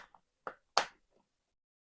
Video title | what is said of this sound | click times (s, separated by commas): Pontiac Grand Prix Key Fob battery replacement | the hard click and your fobs back together | 0.8 s